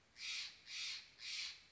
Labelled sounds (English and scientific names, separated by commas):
Steller's Jay (Cyanocitta stelleri)